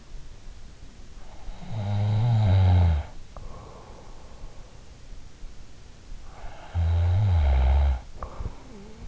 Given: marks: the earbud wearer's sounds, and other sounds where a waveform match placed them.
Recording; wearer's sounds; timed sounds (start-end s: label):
sounds in sleep by an in-ear microphone; snoring breath
1.07-3.93 s: snoring breath
5.76-9.07 s: snoring breath